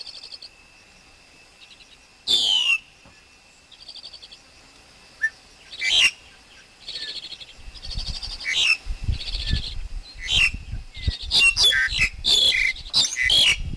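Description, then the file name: Black-collared Starling song: loud descending squeals and buzzy trills, building into rapid, varied chattering and whistled notes toward the end. Wild forest bird's song, used for teaching young birds to sing. "Tieng chim ca cuong rung tap chim con hot"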